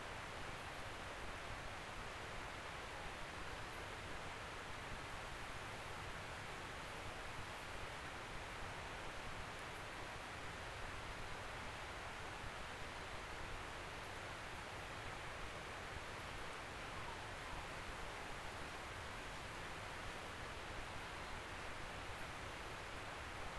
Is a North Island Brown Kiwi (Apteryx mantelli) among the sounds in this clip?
no